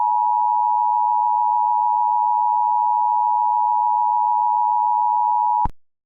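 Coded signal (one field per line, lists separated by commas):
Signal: Emergency Alert System (SAME) tones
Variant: 853 and 960 Hz attention tone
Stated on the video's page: Fictional EAS scenario.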